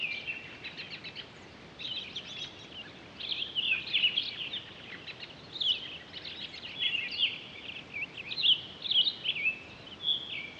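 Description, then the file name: Townsend's solitaire giving a long, rambling song of bright, warbling and fluty high notes in rapid runs, with short gaps, over faint background hiss. Recorded on 23 October 2011. "20111023 townsends-solitaire"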